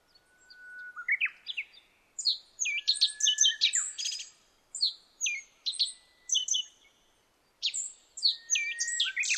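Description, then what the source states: Black-faced bunting singing short, varied high twittering phrases in quick succession, with brief gaps and a thin, steady whistled note underneath. Recorded 26 July 2009 at 06:47.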